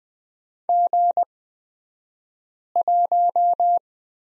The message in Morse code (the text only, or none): G1